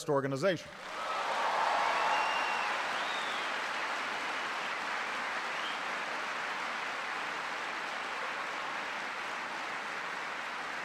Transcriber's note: applause